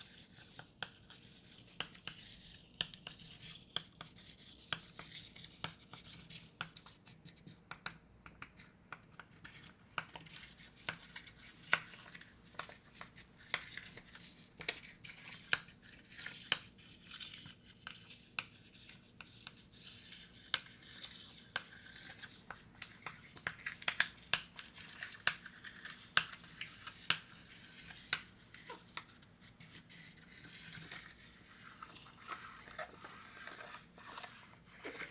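A loose broken tile is scraped, tapped and knocked, giving a steady stream of short gritty scratches and sharp clicks at an irregular pace for the whole clip. A few louder knocks stand out, around 24 seconds, over a faint low hum.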